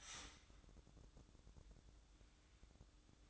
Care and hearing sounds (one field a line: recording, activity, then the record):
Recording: daily activity, microphone in the room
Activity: start toaster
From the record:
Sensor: 3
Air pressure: 1007.2 hPa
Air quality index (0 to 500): 54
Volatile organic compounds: 1 ppm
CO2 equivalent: 592 ppm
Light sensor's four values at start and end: 8/18/7/7 and 8/18/7/7